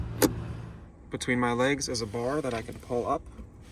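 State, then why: Not seated. In a 2025 Toyota Camry LE, the seat track latch on the front seat rail is handled as the bar under the seat is reached for, with a short sharp knock at 0.2 s before someone talks. The seat slider has not locked into place yet; nothing has seated or clicked by the end of the clip.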